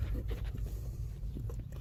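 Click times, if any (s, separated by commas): none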